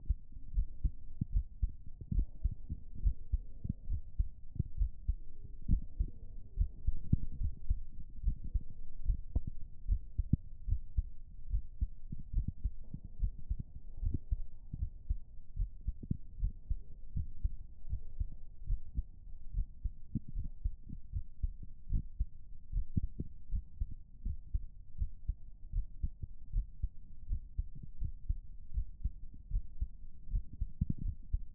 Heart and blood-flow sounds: heart sounds by stethoscope; pulmonary valve (PV); 85 bpm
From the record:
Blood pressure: 114/64 mmHg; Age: 29 years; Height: 165 cm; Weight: 60 kg

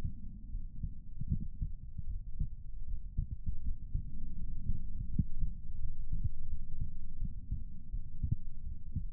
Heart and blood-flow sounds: heart sounds by stethoscope; pulmonary valve (PV); 81 bpm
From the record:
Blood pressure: 117/76 mmHg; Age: 35 years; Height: 180 cm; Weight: 80 kg

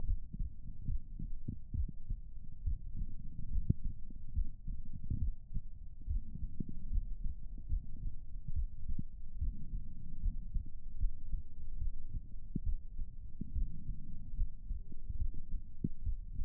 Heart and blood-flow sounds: heart sounds by stethoscope; pulmonary valve (PV); 69 bpm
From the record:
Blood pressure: 116/81 mmHg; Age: 52 years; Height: 160 cm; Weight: 77 kg

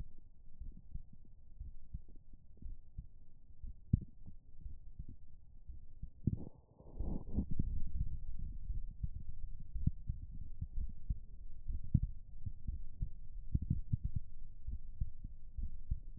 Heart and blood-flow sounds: heart sounds by stethoscope; pulmonary valve (PV); 64 bpm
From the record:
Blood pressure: 117/70 mmHg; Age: 34 years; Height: 171 cm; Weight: 84 kg

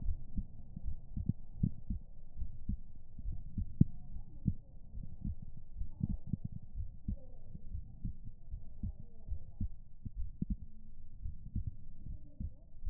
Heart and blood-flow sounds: heart sounds by stethoscope; pulmonary valve (PV); 71 bpm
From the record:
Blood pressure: 124/77 mmHg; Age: 22 years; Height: 157 cm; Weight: 87 kg

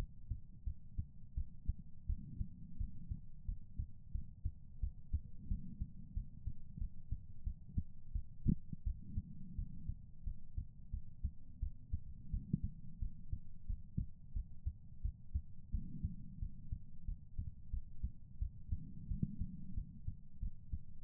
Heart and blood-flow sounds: heart sounds by stethoscope; pulmonary valve (PV); 87 bpm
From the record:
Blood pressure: 124/78 mmHg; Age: 33 years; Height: 170 cm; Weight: 82 kg

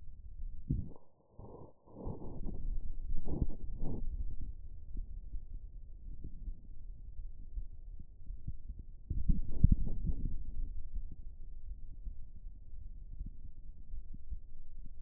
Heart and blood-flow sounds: heart sounds by stethoscope; pulmonary valve (PV); 53 bpm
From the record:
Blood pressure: 113/57 mmHg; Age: 45 years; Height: 150 cm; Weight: 45 kg

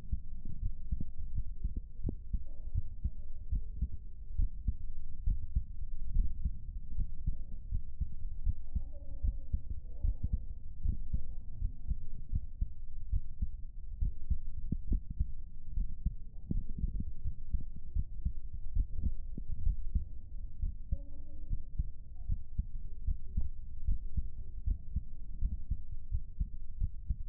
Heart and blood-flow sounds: heart sounds by stethoscope; pulmonary valve (PV); 73 bpm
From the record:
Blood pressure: 142/79 mmHg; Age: 30 years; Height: 170 cm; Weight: 82 kg

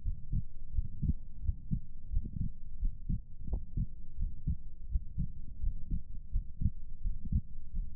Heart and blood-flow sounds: heart sounds by stethoscope; pulmonary valve (PV); 85 bpm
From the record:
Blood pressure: 127/78 mmHg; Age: 39 years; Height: 178 cm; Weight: 84 kg

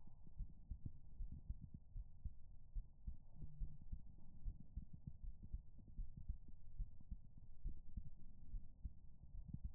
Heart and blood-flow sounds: heart sounds by stethoscope; pulmonary valve (PV); 72 bpm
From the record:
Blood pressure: 101/57 mmHg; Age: 28 years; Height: 164 cm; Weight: 64 kg

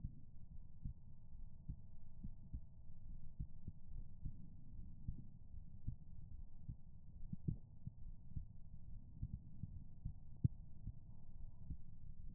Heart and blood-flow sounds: heart sounds by stethoscope; pulmonary valve (PV); 73 bpm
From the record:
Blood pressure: 104/75 mmHg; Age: 28 years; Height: 163 cm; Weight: 60 kg

